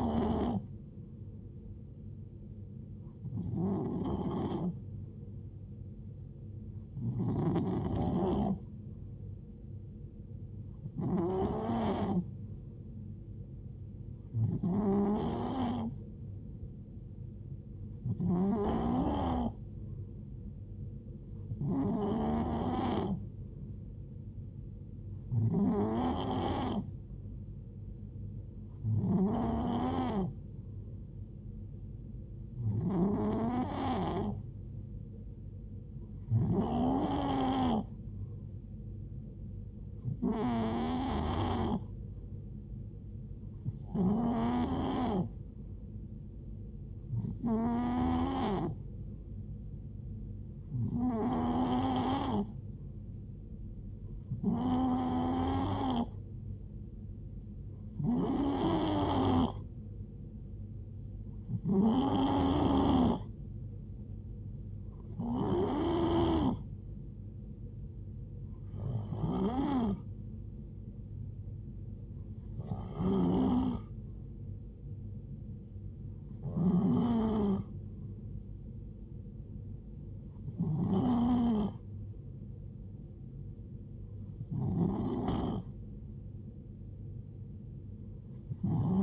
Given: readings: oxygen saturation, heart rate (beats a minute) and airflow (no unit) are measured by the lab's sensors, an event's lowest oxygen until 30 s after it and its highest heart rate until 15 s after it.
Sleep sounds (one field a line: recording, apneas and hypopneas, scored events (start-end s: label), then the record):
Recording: breathing in sleep by a smartphone at the bedside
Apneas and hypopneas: none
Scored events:
48.00-89.02 s: new sleep stage, N2 (light sleep)
From the record:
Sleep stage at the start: N3 (deep sleep)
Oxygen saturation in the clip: 91 to 92%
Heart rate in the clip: 65 to 76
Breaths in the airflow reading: 24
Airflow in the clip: -4.6 to 2.9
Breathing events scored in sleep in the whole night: 389 in 6.3 hours asleep